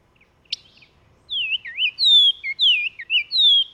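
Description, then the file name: Bahama oriole singing a phrase of rich whistles that swoop down and up, several looping notes strung together in quick succession, with a sharp tick just before. "Bahama Oriole Icterus northropi"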